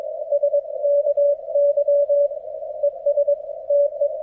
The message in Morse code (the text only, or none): SKY ES TE